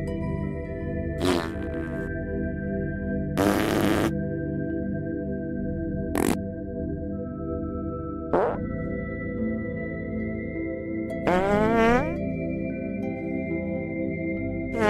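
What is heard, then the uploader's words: Fart sounds with a low, buzzy, pitched drone that runs through the whole clip and shifts tone now and then. Sharper sputtering bursts break in about every two to three seconds, the longest near four and twelve seconds. Fairly loud throughout. ASMR 30 Minutes of Fart Sounds.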